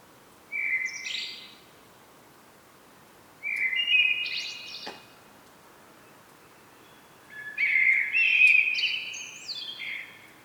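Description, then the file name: Common blackbird delivering three melodious phrases a few seconds apart, low whistled notes climbing into shrill, scratchy trills. "Turdus merula"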